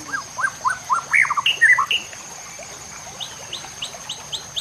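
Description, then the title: White-rumped shama song: a run of short rising whistled notes, then louder, richer phrases, fading into a series of quick thin repeated notes, over a steady high electrical whine. Masteran (training recording for cage birds), murai batu Labaik. "MASTERAN MURAI BATU LABAIK"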